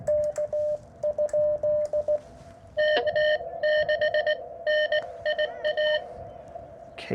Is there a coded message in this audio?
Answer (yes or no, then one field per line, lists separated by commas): yes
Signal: Morse code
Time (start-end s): 0.1-6.0 s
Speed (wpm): 16 wpm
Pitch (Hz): 600 Hz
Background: radio noise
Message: K? K6NIA